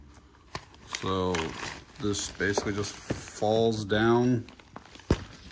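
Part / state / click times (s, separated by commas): leg joint of a collapsible portable chair / seated / 5.1 s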